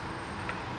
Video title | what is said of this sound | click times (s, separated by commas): Deatschwerks DW300c Fuel Pump Install & Code P0102 P0245 P0443 FIX Mazdaspeed 3 | You want to hear that click? You don't hear that click, you're gonna break some shit. | 0.5 s